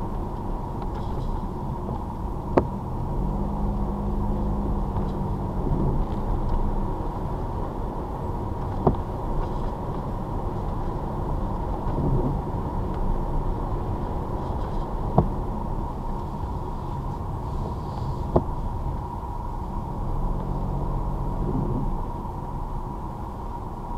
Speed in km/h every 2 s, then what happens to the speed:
21, 18, 24, 27, 26, 24, 26, 24, 15, 10, 10, 13.
0-13 steady at about 24. 13-18 slows to 10. 18-24 steady at about 10.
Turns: 0-4, 15-24.